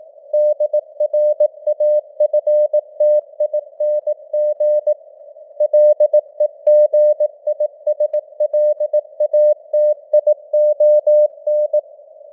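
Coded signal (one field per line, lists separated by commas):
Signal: Morse code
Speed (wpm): 18 wpm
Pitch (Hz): 600 Hz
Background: none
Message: DRAFTING LEGISLATION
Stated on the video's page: Morse news headlines at 18 wpm with simulated radio noise and varying signal strength (QSB).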